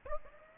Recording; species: mosquito wingbeat signal from an infrared sensor; Aedes aegypti